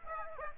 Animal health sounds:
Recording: mosquito wingbeat signal from an infrared sensor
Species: Aedes aegypti

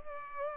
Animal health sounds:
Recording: mosquito wingbeat signal from an infrared sensor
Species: Culex pipiens

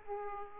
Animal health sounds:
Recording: mosquito wingbeat signal from an infrared sensor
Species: Aedes aegypti

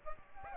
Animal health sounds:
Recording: mosquito wingbeat signal from an infrared sensor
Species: Aedes aegypti

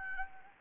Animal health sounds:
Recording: mosquito wingbeat signal from an infrared sensor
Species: Anopheles gambiae

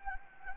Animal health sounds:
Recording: mosquito wingbeat signal from an infrared sensor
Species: Anopheles gambiae

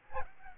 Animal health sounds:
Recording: mosquito wingbeat signal from an infrared sensor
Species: Aedes albopictus

